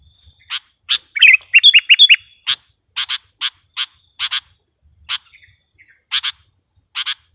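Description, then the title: Sooty-headed bulbul: two sharp chirps, one brief rollicking warbled phrase, followed by a series of sharp, dry chirps mostly spaced under a second apart. "kutilang"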